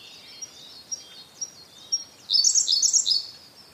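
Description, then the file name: Siberian blue robin singing: four soft spaced notes before a bright, loud, fluttering trill lasting about a second. "koruri"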